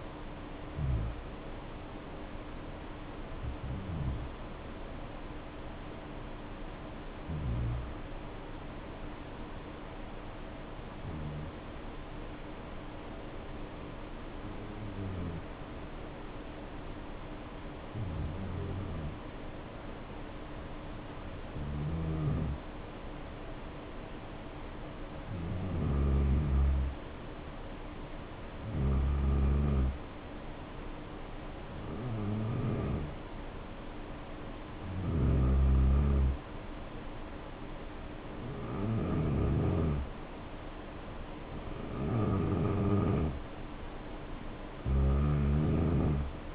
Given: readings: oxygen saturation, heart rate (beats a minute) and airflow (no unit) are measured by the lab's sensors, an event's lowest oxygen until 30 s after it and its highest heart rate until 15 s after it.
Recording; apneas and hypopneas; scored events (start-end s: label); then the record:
breathing in sleep by a voice recorder at the bedside; 1
7.00-27.70 s: hypopnea (N2, oxygen 95% highest, then 89% lowest, heart rate 65 at the start, 75 highest)
From the record:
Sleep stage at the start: N2 (light sleep); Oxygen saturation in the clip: 78 to 95%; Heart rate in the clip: 62 to 75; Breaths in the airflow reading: 14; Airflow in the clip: -4.8 to 4.9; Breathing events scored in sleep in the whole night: 520 in 7.2 hours asleep